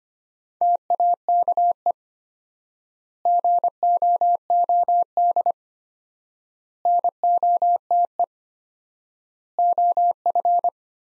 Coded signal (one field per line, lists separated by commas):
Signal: Morse code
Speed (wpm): 25 wpm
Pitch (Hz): 700 Hz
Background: none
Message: TAKE GOOD NOTE OF